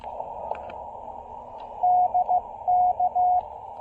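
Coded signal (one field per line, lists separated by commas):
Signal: Morse code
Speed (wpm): 14 wpm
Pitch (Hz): 720 Hz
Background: radio noise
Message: DK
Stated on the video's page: Morse from a QRP picnic-table POTA park activation using CHA MPAS Lite and CHA UCM antennas.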